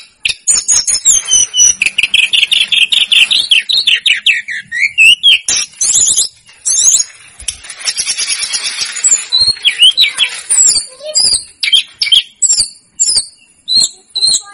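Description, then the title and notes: Snowy-browed flycatcher song: dense, fast warbling with rolling notes, followed by high scattered chirps and clicks. Masteran recording made for training cage birds; local Indonesian names tledekan gunung and sikatan gunung. "Masteran Tledekan Gunung Sikatan Gunung. BURUNG TLEDEKAN"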